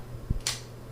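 A folding knife blade is flicked open, with a low thump near 0.3 s. Its metal lock then engages with one sharp, bright click at 0.5 s, and the blade locks open.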